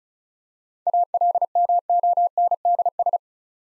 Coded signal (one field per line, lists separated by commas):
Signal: Morse code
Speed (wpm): 36 wpm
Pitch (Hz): 700 Hz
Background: none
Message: ALMONDS